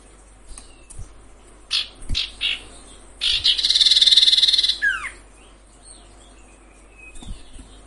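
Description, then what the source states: Sirtu song: a few short high chirps, then a loud rapid buzzy trill lasting over a second that ends in a falling whistle, followed by soft scattered notes. Masteran training recording for cage birds, with the full range of song variations.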